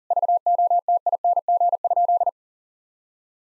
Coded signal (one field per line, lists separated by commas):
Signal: Morse code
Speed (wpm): 40 wpm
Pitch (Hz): 700 Hz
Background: none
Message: VOTING?